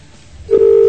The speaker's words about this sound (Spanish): Estamos en el cuarto. Para aquellos que no lo sepan, cuando suena el timbre en un teléfono, la gente normalmente contesta.